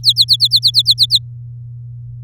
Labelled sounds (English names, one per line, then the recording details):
Domestic Canary song
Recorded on 7 May 2018 at 16:31
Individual llb16